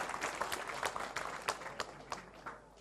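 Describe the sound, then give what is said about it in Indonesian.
An audience applauding in support of three discussion groups, a dense, steady patter of many hands clapping with a few sharper individual claps standing out, sustained evenly without any voices. “Kita support, kita dukung teman-teman 3 kelompok ini dengan tepuk tangan yang meriah.”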